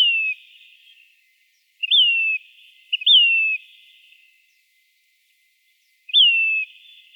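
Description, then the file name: Say's phoebe giving four high, downslurred whistled calls: one at the start, then two close together, then a long pause before the last. The background is quiet. Recorded in Arizona. "SAPH 3 deviche"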